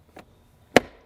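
After the LATCH strap is tightened, the strap lock-off arm on a Peg Perego Primo Viaggio 4/35 Nido infant car seat base is pushed closed. A faint tap at 0.2 s comes before one loud, sharp plastic snap at 0.8 s that rings out briefly. The lock-off seats shut.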